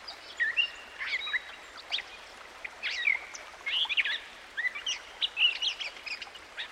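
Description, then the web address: Gray catbird song: a rambling string of short squeaks, chatters and slurred whistles, changing with every phrase, steady hiss underneath throughout. Songbird by a stream. "Dan Gibson Songbirds By The Stream. Gray Catbird"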